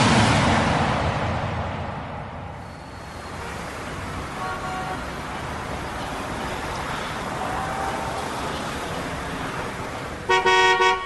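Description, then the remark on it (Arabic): A car engine rumbles and hisses steadily as the driver brings the car out to drive to the company, then a short, loud blast of a car horn honks at the very end. “احكي للسواق يطلع السيارة عشان نطلع مع بعض على الشركة.”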